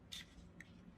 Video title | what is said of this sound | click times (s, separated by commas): Gambit’s Guide: Maximising your RWA Agency Arms EXA - RedWolf Airsoft RWTV | Hear the click. | 0.6 s